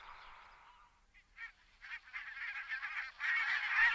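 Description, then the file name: Barnacle goose: barnacle geese calling together in a dense, overlapping chatter of yelping notes that grows louder toward the end. "oca facciabianca"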